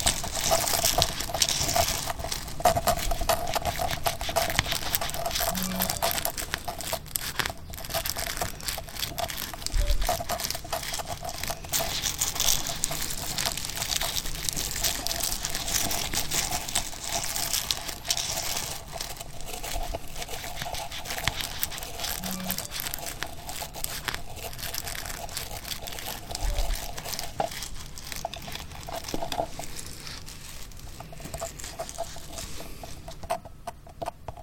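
Scratching, rubbing and chewing sounds run without a break, a dense crackly rustle with bright crinkling and gnawing clicks. A few soft low thumps land around 6, 10, 22 and 27 seconds, and the activity thins slightly toward the end.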